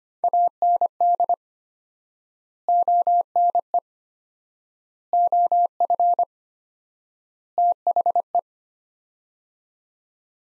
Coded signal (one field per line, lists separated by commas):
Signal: Morse code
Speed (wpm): 25 wpm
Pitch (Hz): 700 Hz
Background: none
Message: AND ONE OF THE